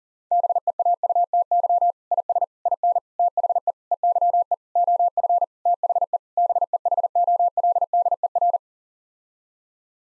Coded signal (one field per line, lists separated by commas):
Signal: Morse code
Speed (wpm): 37 wpm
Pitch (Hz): 700 Hz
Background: none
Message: BEAUTY IS IN THE EYE OF THE BEHOLDER